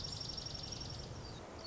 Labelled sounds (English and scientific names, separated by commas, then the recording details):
Dark-eyed Junco (Junco hyemalis)
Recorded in Sonoma County, California